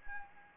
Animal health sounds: mosquito wingbeat signal from an infrared sensor; Anopheles gambiae

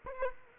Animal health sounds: mosquito wingbeat signal from an infrared sensor; Culex quinquefasciatus

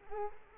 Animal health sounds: mosquito wingbeat signal from an infrared sensor; Culex quinquefasciatus

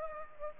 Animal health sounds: mosquito wingbeat signal from an infrared sensor; Aedes aegypti

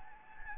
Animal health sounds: mosquito wingbeat signal from an infrared sensor; Anopheles gambiae

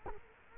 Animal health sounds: mosquito wingbeat signal from an infrared sensor; Culex quinquefasciatus

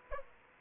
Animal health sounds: mosquito wingbeat signal from an infrared sensor; Aedes aegypti

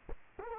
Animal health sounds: mosquito wingbeat signal from an infrared sensor; Culex quinquefasciatus

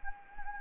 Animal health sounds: mosquito wingbeat signal from an infrared sensor; Anopheles gambiae

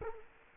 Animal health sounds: mosquito wingbeat signal from an infrared sensor; Culex quinquefasciatus

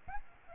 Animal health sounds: mosquito wingbeat signal from an infrared sensor; Aedes albopictus

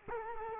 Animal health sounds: mosquito wingbeat signal from an infrared sensor; Culex quinquefasciatus

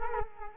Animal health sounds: mosquito wingbeat signal from an infrared sensor; Culex quinquefasciatus

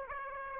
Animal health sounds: mosquito wingbeat signal from an infrared sensor; Aedes aegypti

